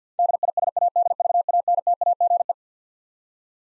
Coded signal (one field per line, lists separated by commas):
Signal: Morse code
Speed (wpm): 50 wpm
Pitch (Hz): 700 Hz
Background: none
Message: DISADVANTAGE